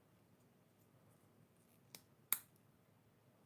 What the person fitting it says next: oh nice click